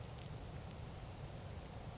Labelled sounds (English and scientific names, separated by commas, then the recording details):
Grasshopper Sparrow (Ammodramus savannarum)
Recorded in Sonoma County, California